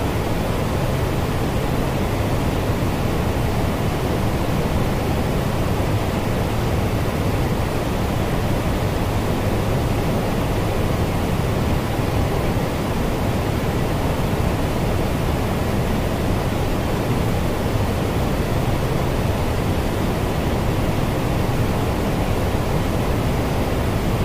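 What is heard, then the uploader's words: A steady white noise hiss runs unbroken for the whole stretch, dense and even with no pauses or events. The sound is weighted toward a soft low rumble, like rushing water, and the level stays flat from start to finish. Baby White Noise.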